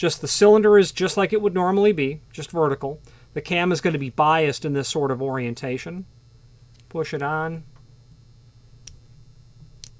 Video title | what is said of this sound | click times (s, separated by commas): Electronic Access Control Lock FE575 PLY x ELA x 29 274 x C keyway 2 random bitted keys x 16 086 | And then turn it what would be clockwise, and it snaps back in place, and that pin sits where it has to seat. | 9.8 s